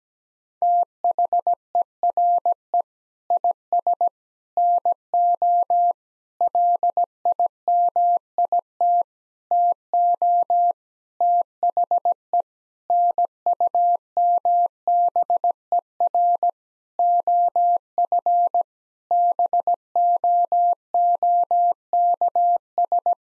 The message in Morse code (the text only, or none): THERE IS NO LIMIT TO THE NUMBER OF BOOKS